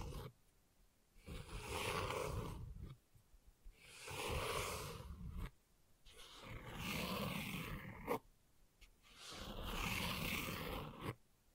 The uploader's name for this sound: ASMR Gentle Scratching